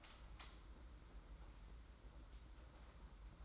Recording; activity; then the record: daily activity, microphone in the room; light off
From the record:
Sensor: 3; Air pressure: 991.9 hPa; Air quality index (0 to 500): 223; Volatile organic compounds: 1000 ppm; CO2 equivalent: 7657 ppm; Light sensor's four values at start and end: 24/66/27/23 and 16/39/15/14